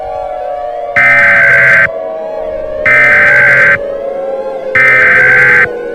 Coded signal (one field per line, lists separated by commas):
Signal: Emergency Alert System (SAME) tones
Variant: header bursts